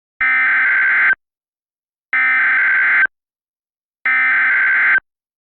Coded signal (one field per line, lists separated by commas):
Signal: Emergency Alert System (SAME) tones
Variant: header bursts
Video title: (EAS MOCK) LAW ENFORCEMENT WARNING (LEW) DALLAS COUNTY